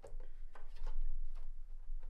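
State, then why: Not seated. An M.2 SSD is angled into the connector of a console expansion slot and lined up before being pushed down. Faint handling ticks and scrapes are heard, with brief sharp ones around 0.1 and 0.6 seconds. Nothing has seated or clicked yet.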